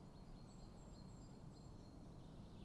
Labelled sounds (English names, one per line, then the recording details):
Common Chaffinch
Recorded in Germany
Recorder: ecoPi